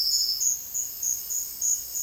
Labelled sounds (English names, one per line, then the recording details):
Silvered Antbird
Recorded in dense forest near Puerto Asís, Putumayo, Colombia, on 19 February 2024 at 08:30
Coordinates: 0.485, -76.322
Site G6406